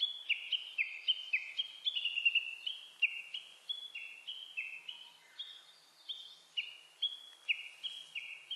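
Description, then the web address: Japanese bush warbler giving a rapid run of high two-part notes, each stepping downward, repeated a little more than once a second for the whole stretch. Recorded 29 April 2001. "2001 010429 uguisu"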